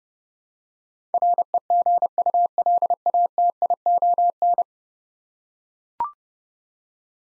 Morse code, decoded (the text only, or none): REGULATION